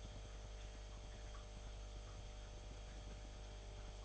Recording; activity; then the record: daily activity, microphone in the room; make coffee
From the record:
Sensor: 5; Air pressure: 1002.1 hPa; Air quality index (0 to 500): 217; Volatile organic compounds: 24 ppm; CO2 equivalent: 2822 ppm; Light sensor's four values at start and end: 10/23/9/10 and 10/23/9/10